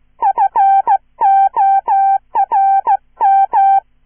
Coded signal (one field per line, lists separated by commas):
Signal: Morse code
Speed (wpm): 15 wpm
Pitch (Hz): 780 Hz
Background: none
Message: FORM